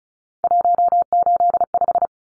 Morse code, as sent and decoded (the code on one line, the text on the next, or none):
.---- ---.. .....
185